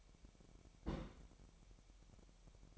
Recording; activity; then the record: daily activity, microphone in the room; place on stove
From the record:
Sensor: 1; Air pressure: 1012.1 hPa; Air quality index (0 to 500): 219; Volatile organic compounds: 5 ppm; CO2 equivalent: 1751 ppm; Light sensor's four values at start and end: 66/156/65/67 and 66/156/65/67